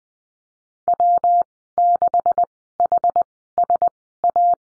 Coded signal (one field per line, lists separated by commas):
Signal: Morse code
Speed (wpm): 20 wpm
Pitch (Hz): 700 Hz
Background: none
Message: W6HSA